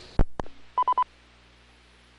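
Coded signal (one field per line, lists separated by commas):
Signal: none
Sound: repeater courtesy beep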